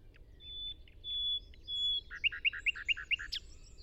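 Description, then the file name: Common nightingale singing: several long, pure, level whistles, then a fast run of loud repeated notes, ending on a sharp high note. "Luscinia megarhynchos"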